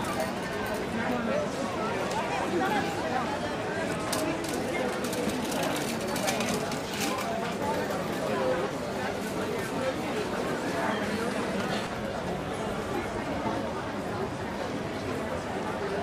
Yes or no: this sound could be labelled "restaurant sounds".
yes